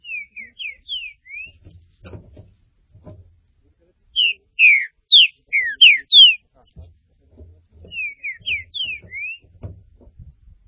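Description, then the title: Green-winged saltator song: three phrases of sweet slurred whistles, the middle one loudest, with soft low knocking and rustling throughout. "Trinca Ferro"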